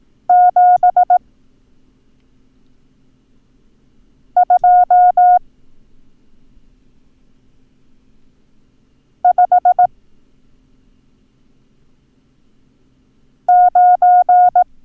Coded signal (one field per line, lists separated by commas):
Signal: Morse code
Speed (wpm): 18 wpm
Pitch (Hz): 720 Hz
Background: none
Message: 7259